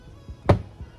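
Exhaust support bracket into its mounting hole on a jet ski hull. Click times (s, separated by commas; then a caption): 0.5 s. An exhaust support bracket for a Wet Jet Performance exhaust on a Sea-Doo Spark personal watercraft is lifted and pushed by hand until its first mounting point pops into its hole in the hull. A sharp, loud hit sounds at 0.5 s, with faint soft thumps around 0.3 s and 0.8 s. The bracket's first mounting point is seated.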